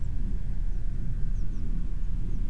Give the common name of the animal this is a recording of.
Eurasian Blue Tit